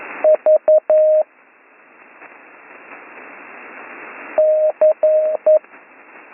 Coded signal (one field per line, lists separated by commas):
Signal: Morse code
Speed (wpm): 11 wpm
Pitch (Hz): 620 Hz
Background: radio noise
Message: V C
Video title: Slow Morse Code Course - Week 5 - Learn Morse Code